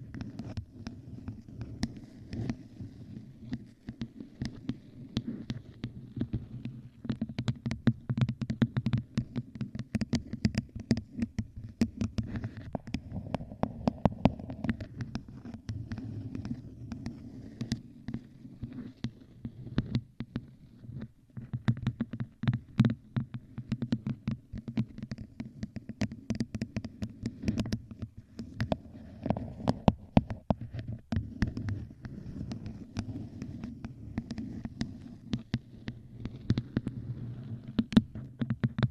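Tapping on various objects against a microphone, with quick irregular taps scattered throughout, sometimes clustering into fast bursts. A low, steady thumping hum sits underneath the whole time, and the taps have sharp, crisp tops over that muffled base.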